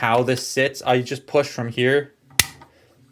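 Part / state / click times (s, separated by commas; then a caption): plastic back section into transforming toy torso / seated / 2.4 s. Someone talks, then pushes the plastic back rib-cage section into the torso of a transforming toy figure (Rise of the Beasts Leader Optimus Primal). It snaps home with a single sharp click at 2.4 s and is now seated in place.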